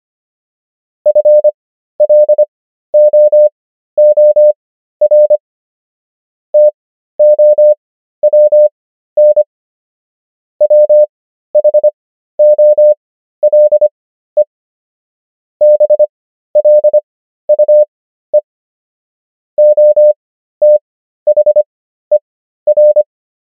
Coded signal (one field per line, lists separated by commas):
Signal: Morse code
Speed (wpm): 25 wpm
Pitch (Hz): 600 Hz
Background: none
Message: FLOOR TOWN WHOLE BLUE OTHER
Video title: morse code practice | 25wpm | 13fw | 500 most common words | ENGLISH